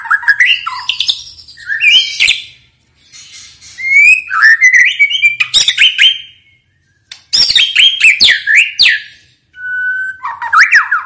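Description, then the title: White-rumped shama singing in fast varied phrases: sweeping whistles, warbled runs and harsh chattering, with brief gaps between bursts. Song used as a lure to make other birds respond; bird described as singing energetically and constantly. "PANCINGAN MURAI BATU GACOR"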